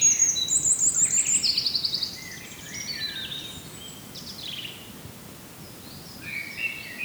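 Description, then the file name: Birds singing: a loud burst of rapid, sharply warbled high trills in the first two seconds, then softer scattered chirps and brief twitters over a low hiss. "birds singing far sheeps"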